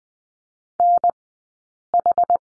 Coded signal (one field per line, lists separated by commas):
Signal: Morse code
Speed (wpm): 20 wpm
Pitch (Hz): 700 Hz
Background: none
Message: NH